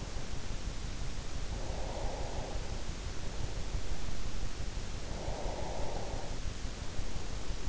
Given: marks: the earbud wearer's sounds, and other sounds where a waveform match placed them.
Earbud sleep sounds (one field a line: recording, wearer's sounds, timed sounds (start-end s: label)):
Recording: sounds in sleep by an in-ear microphone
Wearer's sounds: breath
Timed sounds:
1.36-3.72 s: breath
4.62-6.85 s: breath